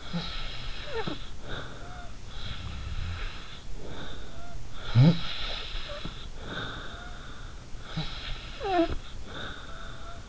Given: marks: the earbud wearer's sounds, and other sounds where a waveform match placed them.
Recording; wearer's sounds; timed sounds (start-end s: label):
sounds in sleep by an in-ear microphone; snoring breath
0.00-2.09 s: snoring breath
2.25-4.63 s: sound from someone else or the room
2.32-4.63 s: snoring breath
4.87-7.57 s: snoring breath
7.80-10.29 s: snoring breath